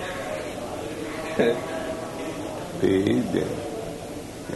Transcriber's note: chuckles